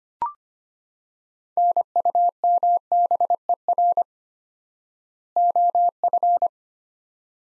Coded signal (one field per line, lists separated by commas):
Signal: Morse code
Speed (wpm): 25 wpm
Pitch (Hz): 700 Hz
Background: none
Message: NUMBER OF